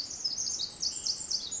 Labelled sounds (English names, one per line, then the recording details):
Pacific Wren
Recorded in Sonoma County, California